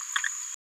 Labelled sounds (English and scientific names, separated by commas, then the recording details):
Green-rumped Parrotlet (Forpus passerinus) babbling
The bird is a female
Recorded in a nest box in Venezuela
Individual 17B73B2